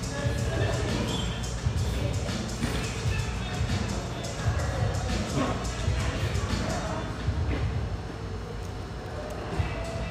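A busy, high-ceilinged coffee shop full of overlapping voices and chatter that stays dense and steady throughout. Frequent sharp knocks and thumps, like cups, dishes or footsteps, punctuate the murmur, and the room's hard surfaces give everything a reverberant, echoing quality.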